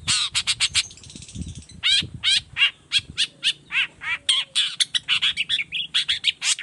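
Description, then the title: Long-tailed shrike song: fast series of harsh, scratchy notes and squeaky slurs, nearly continuous, with low thumping noises underneath early on. Singing in the morning with varied toet toet notes; used as a lure to make other shrikes of any kind reply quickly. "Cendet Gacor Dor Di Kala Pagi Toet Toet Variasi Suara. Cendet Gacor Efektif Pancingan Buat Cendet Jenis Apapun Agar Cepat Nyaut Buka Paruh"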